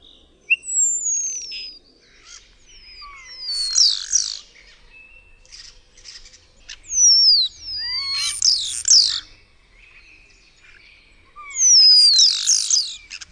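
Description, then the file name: Common starling whistling, with long downslurred whistles and bursts of crackling notes returning about every four seconds between quieter gaps. "SZPAK"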